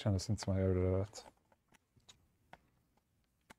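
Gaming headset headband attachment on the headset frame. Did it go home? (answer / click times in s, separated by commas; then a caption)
yes / 3.5 s. Someone talks, then a headband attachment is slid all the way down and pushed onto the frame of a Sony Inzone gaming headset, making a few small handling ticks. A sharp click at 3.5 s marks the part seating into place.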